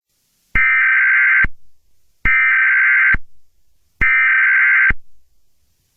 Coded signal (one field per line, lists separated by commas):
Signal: Emergency Alert System (SAME) tones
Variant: header bursts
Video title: EAS Scenario: i-Ready Characters/Teaser 1 (Memorial Day Special)